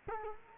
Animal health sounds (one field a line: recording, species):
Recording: mosquito wingbeat signal from an infrared sensor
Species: Culex quinquefasciatus